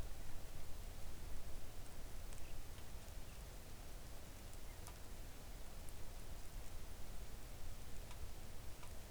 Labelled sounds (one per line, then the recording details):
bird
rain
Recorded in the Arctic National Wildlife Refuge, Alaska, on 3 August 2019 at 05:57
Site 41